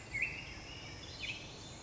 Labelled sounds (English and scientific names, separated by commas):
Black-headed Grosbeak (Pheucticus melanocephalus)